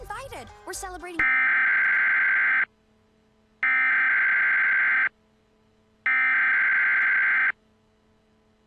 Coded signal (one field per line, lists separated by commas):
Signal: Emergency Alert System (SAME) tones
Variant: header bursts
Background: speech